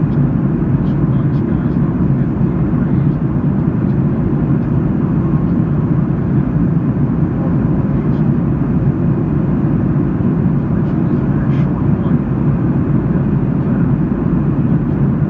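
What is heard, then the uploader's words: Airplane white noise: a constant, dense roar weighted heavily toward the low end, with a deep rumble beneath a softer hiss. The level holds completely steady for the whole stretch, with only a few faint ticks and brief murmurs surfacing now and then. 30 minutes of relaxing airplane white noise.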